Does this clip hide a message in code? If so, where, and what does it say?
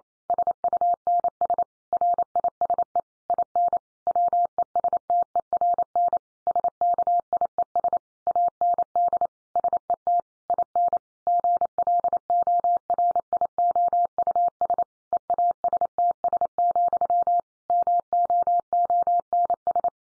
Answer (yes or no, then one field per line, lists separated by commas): yes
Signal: Morse code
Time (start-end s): 0.3-19.9 s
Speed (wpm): 28 wpm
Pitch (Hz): 700 Hz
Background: none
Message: SUNS RISE IN WESTERN SKIES AND SET IN GLORIOUS EASTS, MOONS